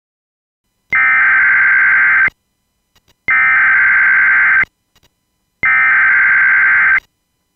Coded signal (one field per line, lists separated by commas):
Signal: Emergency Alert System (SAME) tones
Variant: header bursts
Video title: EAS Scenario #6: Flare Up